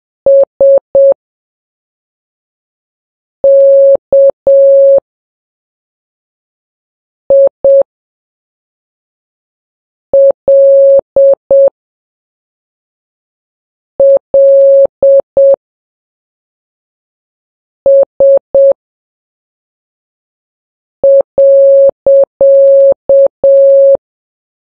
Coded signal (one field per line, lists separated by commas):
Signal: Morse code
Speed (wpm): 7 wpm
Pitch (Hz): 550 Hz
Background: none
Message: SKILLS.